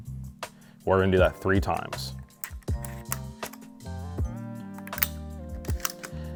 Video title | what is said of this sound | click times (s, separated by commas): HOW TO SHOTGUN | push it all the way forward until it clicks. | 0.4 s